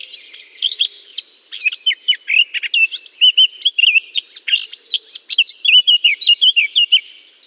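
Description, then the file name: Eurasian blackcap delivering a long, continuous warble that moves from scratchy chatter into bright, repeated whistled notes, loud throughout. Singing in a holly bush. "chant de fauvette a tete noire dans houx"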